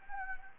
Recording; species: mosquito wingbeat signal from an infrared sensor; Anopheles gambiae